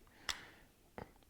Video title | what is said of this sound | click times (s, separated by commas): Creative Outlier Air True Wireless Earbuds - Unboxing - Poc Network | snap into place just like they did. | 0.3 s, 1.0 s